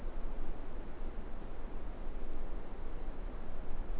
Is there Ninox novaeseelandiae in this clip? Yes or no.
no